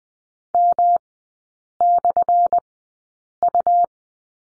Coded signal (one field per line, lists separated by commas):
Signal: Morse code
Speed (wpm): 20 wpm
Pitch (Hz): 700 Hz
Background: none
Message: M/U